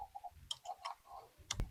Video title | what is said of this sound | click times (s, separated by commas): TRD PRO Fender Flares Install On 3rd Gen Tundra! | Make sure it click. All right. | 0.5 s, 1.5 s